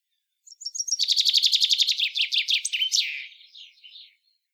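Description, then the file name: Common chaffinch singing one full phrase: rapid repeated chipping notes dropping slightly in pitch, then a flourish and a few fading notes at the end. "chant pinson des arbres"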